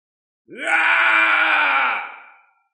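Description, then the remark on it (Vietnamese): A single monstrous howling scream rises abruptly, holds loud and harsh with a rough, growling low edge, then fades out over about two seconds. “Tiếng gào thét này vừa xuất hiện, lập tức đôi mắt của Tô Minh lộ ra sát cơ.”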